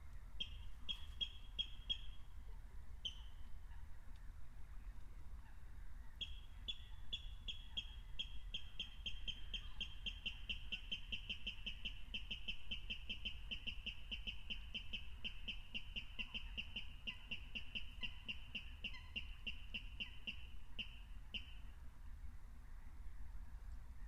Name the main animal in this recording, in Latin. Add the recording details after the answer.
Rallus aquaticus. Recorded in the wild. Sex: male. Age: adult. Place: Kützerhof, Kummerower See, Mecklenburg-Vorpommern, DE. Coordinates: 53.8562, 12.8858. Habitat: wetland. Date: 2010-04-28 23:20. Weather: 13°C, 80% humidity, almost windless. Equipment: Edirol R4, Microtech Gefell MK 250/MV220. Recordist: Giermann, Anita and Frommolt, Karl-Heinz